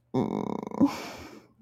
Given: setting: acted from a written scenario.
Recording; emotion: vocal sound without words; pain